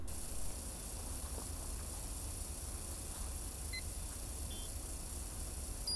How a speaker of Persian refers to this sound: اون چیه؟ این؟ آره این یه ردیاب شیمیاییه، بخارا رو بو میکشه، تو گمرک از این استفاده میکنن.